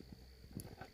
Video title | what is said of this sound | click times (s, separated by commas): 2012 Dodge Avenger radio removal | what you do is you just basically put it together until you hear it click or you feel it click | 0.6 s